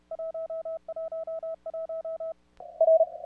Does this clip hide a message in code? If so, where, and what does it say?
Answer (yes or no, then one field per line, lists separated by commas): yes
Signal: Morse code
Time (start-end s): 0.1-3.0 s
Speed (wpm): 35 wpm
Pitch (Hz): 660 Hz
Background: none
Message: 111 R